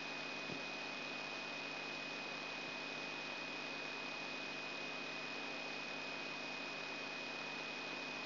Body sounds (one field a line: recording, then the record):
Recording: brain microelectrode recording played as sound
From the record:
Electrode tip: outside the subthalamic nucleus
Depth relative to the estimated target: -3 mm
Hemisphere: left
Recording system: AlphaMap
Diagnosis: Parkinson's disease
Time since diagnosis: 6 years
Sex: female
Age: 40 years